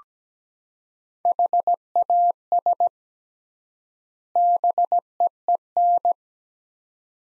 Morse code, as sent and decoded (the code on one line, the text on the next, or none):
.... .- ... / -... . . -.
HAS BEEN